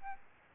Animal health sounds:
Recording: mosquito wingbeat signal from an infrared sensor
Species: Aedes albopictus

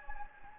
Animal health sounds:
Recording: mosquito wingbeat signal from an infrared sensor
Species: Anopheles gambiae

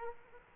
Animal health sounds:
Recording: mosquito wingbeat signal from an infrared sensor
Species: Aedes aegypti

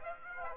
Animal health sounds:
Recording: mosquito wingbeat signal from an infrared sensor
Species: Aedes aegypti

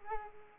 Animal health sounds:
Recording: mosquito wingbeat signal from an infrared sensor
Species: Culex pipiens

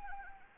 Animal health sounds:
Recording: mosquito wingbeat signal from an infrared sensor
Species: Anopheles arabiensis

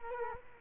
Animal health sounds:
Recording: mosquito wingbeat signal from an infrared sensor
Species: Culex quinquefasciatus

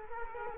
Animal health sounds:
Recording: mosquito wingbeat signal from an infrared sensor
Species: Culex quinquefasciatus

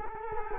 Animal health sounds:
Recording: mosquito wingbeat signal from an infrared sensor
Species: Culex quinquefasciatus

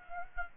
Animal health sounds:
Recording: mosquito wingbeat signal from an infrared sensor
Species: Aedes aegypti

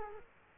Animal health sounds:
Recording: mosquito wingbeat signal from an infrared sensor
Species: Culex quinquefasciatus

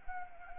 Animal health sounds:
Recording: mosquito wingbeat signal from an infrared sensor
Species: Anopheles arabiensis

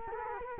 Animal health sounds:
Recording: mosquito wingbeat signal from an infrared sensor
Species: Culex quinquefasciatus

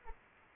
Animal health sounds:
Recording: mosquito wingbeat signal from an infrared sensor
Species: Anopheles arabiensis

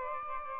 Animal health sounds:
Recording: mosquito wingbeat signal from an infrared sensor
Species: Aedes albopictus

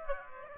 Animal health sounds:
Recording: mosquito wingbeat signal from an infrared sensor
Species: Aedes aegypti

